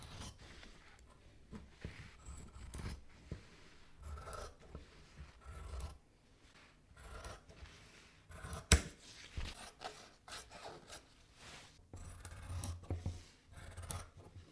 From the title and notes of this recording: ASMR: professional tailor scissors cutting waxed cotton fabric.